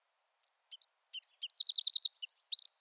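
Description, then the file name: Eurasian wren giving a quick, shrill song: scattered high notes, then a rapid buzzy trill and final whistled slurs, all within about two and a half seconds. "Troglodytes troglodytes"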